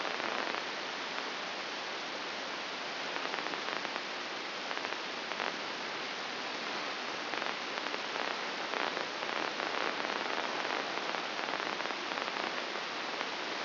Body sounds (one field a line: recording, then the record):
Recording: brain microelectrode recording played as sound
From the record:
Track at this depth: inside the subthalamic nucleus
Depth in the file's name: 5.861 mm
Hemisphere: left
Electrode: 2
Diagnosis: Parkinson's disease